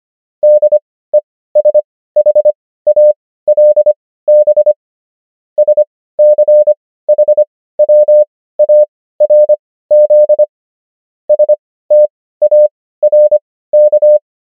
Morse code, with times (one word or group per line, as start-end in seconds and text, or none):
0.4-4.7 DESHALB
5.6-10.4 SCHWARZ
11.3-14.2 STARK